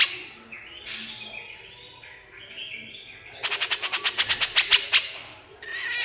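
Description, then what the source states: Horsfield's bush lark song: whistled notes, then a rapid trill growing louder, and a brief note at the end. Super gacor (vigorous, continuous) singing; a masteran recording for training cage songbirds.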